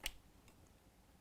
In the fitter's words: this is where all the brains are it snaps right in